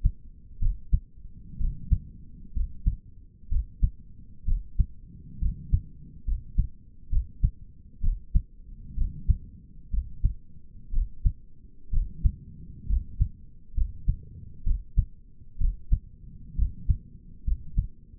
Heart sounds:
heart sounds by stethoscope; 64 bpm
0.61 s: heartbeat
1.60 s: heartbeat
2.55 s: heartbeat
3.51 s: heartbeat
4.47 s: heartbeat
5.41 s: heartbeat
6.27 s: heartbeat
7.12 s: heartbeat
8.03 s: heartbeat
8.97 s: heartbeat
9.93 s: heartbeat
10.93 s: heartbeat
11.93 s: heartbeat
12.89 s: heartbeat
13.76 s: heartbeat
14.66 s: heartbeat
15.60 s: heartbeat
16.58 s: heartbeat
17.46 s: heartbeat
From the record:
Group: healthy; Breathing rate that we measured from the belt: 16 breaths a minute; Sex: male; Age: 22 years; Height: 181 cm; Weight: 79 kg

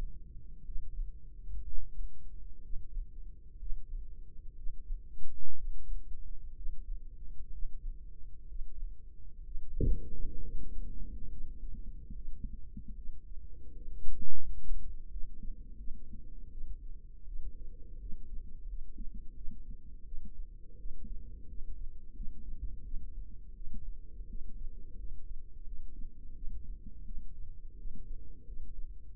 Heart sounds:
heart sounds by microphone in the left ear; 76 bpm
0.65 s: heartbeat
1.64 s: heartbeat
2.62 s: heartbeat
3.59 s: heartbeat
4.56 s: heartbeat
5.56 s: heartbeat
6.55 s: heartbeat
7.51 s: heartbeat
8.47 s: heartbeat
9.43 s: heartbeat
10.40 s: heartbeat
11.28 s: heartbeat
12.13 s: heartbeat
12.94 s: heartbeat
13.73 s: heartbeat
14.42 s: heartbeat
15.08 s: heartbeat
15.77 s: heartbeat
16.49 s: heartbeat
17.25 s: heartbeat
17.98 s: heartbeat
18.66 s: heartbeat
19.34 s: heartbeat
20.03 s: heartbeat
20.77 s: heartbeat
21.47 s: heartbeat
22.14 s: heartbeat
22.83 s: heartbeat
23.53 s: heartbeat
24.27 s: heartbeat
24.97 s: heartbeat
25.65 s: heartbeat
26.34 s: heartbeat
27.04 s: heartbeat
27.76 s: heartbeat
28.45 s: heartbeat
29.11 s: heartbeat
From the record:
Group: healthy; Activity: breath hold 0-11 s, rest 11-29 s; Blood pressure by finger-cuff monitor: 99/57 mmHg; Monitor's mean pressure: 70 mmHg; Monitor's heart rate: 72 bpm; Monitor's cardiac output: 5.7 L/min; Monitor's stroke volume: 86 mL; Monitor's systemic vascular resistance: 900 dyn s/cm5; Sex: female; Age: 22 years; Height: 163 cm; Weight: 67.1 kg

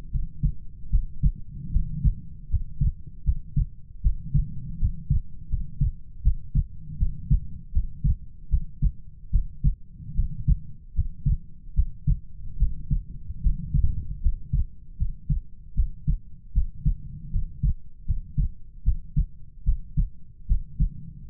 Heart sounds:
heart sounds by stethoscope; 76 bpm
0.11 s: heartbeat
0.90 s: heartbeat
1.71 s: heartbeat
2.49 s: heartbeat
3.24 s: heartbeat
4.01 s: heartbeat
4.78 s: heartbeat
5.49 s: heartbeat
6.22 s: heartbeat
6.98 s: heartbeat
7.72 s: heartbeat
8.49 s: heartbeat
9.30 s: heartbeat
10.14 s: heartbeat
10.93 s: heartbeat
11.74 s: heartbeat
12.57 s: heartbeat
13.41 s: heartbeat
14.21 s: heartbeat
14.97 s: heartbeat
15.74 s: heartbeat
16.52 s: heartbeat
17.30 s: heartbeat
18.05 s: heartbeat
18.83 s: heartbeat
19.64 s: heartbeat
20.46 s: heartbeat
21.29 s: heartbeat
From the record:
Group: healthy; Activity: rest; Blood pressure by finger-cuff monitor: 95/56 mmHg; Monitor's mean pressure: 69 mmHg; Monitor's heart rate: 76 bpm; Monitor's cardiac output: 6.8 L/min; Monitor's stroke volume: 88 mL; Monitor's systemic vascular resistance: 730 dyn s/cm5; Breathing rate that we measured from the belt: 19 breaths a minute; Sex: female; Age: 19 years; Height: 163 cm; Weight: 48.9 kg

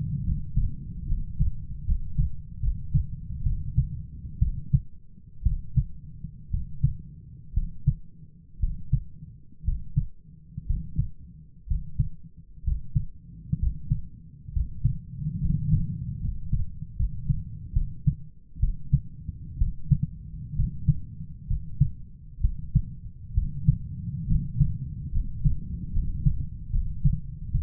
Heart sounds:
heart sounds by stethoscope; 66 bpm
0.23 s: heartbeat
1.06 s: heartbeat
1.84 s: heartbeat
2.59 s: heartbeat
3.43 s: heartbeat
4.39 s: heartbeat
5.43 s: heartbeat
6.50 s: heartbeat
7.53 s: heartbeat
8.59 s: heartbeat
9.64 s: heartbeat
10.66 s: heartbeat
11.67 s: heartbeat
12.63 s: heartbeat
13.58 s: heartbeat
14.52 s: heartbeat
15.40 s: heartbeat
16.20 s: heartbeat
16.95 s: heartbeat
17.72 s: heartbeat
18.59 s: heartbeat
19.57 s: heartbeat
20.55 s: heartbeat
21.47 s: heartbeat
22.40 s: heartbeat
23.34 s: heartbeat
24.26 s: heartbeat
25.11 s: heartbeat
25.91 s: heartbeat
26.70 s: heartbeat
27.51 s: heartbeat
From the record:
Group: healthy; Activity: rest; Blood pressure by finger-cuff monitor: 123/75 mmHg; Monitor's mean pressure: 89 mmHg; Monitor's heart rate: 64 bpm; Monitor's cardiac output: 7.1 L/min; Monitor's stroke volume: 109 mL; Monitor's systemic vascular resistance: 930 dyn s/cm5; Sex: male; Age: 23 years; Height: 178 cm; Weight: 96.6 kg

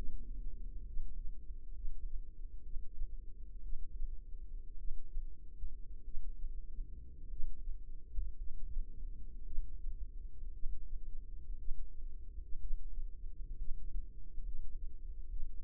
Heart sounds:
heart sounds by microphone in the left ear; 58 bpm
0.85 s: heartbeat
1.73 s: heartbeat
2.61 s: heartbeat
3.61 s: heartbeat
4.76 s: heartbeat
6.03 s: heartbeat
7.28 s: heartbeat
8.37 s: heartbeat
9.44 s: heartbeat
10.52 s: heartbeat
11.57 s: heartbeat
12.59 s: heartbeat
13.56 s: heartbeat
14.43 s: heartbeat
15.28 s: heartbeat
From the record:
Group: healthy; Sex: female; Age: 36 years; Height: 163 cm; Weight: 88 kg

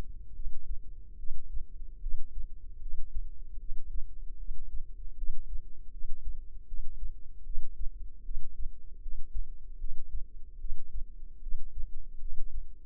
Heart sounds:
heart sounds by microphone in the left ear; 76 bpm
0.33 s: heartbeat
1.17 s: heartbeat
2.00 s: heartbeat
2.80 s: heartbeat
3.58 s: heartbeat
4.37 s: heartbeat
5.15 s: heartbeat
5.90 s: heartbeat
6.66 s: heartbeat
7.43 s: heartbeat
8.23 s: heartbeat
9.00 s: heartbeat
9.78 s: heartbeat
10.58 s: heartbeat
11.40 s: heartbeat
12.19 s: heartbeat
From the record:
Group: healthy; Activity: rest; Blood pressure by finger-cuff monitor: 98/66 mmHg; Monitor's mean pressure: 76 mmHg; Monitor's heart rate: 76 bpm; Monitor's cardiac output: 5.7 L/min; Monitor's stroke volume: 76 mL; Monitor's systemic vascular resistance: 980 dyn s/cm5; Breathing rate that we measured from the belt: 19 breaths a minute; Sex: female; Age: 22 years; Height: 160 cm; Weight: 45 kg

